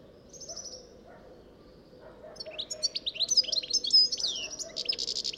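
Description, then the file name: European goldfinch singing a rapid, tinkling twitter of high chirps and trills that begins faint and grows fuller after two seconds, with a steady low hum underneath. "Carduelis carduelis"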